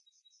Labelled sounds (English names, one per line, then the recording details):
Yellowhammer song
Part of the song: start
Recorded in the Czech Republic on 17 July 2013
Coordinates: 48.657, 14.342
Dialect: BD
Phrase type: C71
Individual 318202